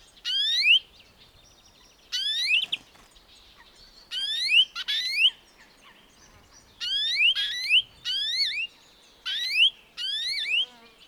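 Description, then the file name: European greenfinch calls, rising notes with bright harmonics, given singly or in quick pairs against a quiet background. "Chloris chloris"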